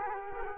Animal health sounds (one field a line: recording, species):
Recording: mosquito wingbeat signal from an infrared sensor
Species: Culex quinquefasciatus